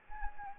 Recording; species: mosquito wingbeat signal from an infrared sensor; Anopheles gambiae